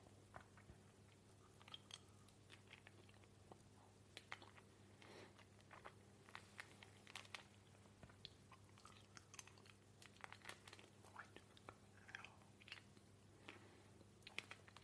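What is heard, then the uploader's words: A person eating, with a steady stream of short, crisp chewing and crunching sounds that come irregularly, several per second, across the whole clip. A low, constant hum runs underneath without change. A PERSON EATING.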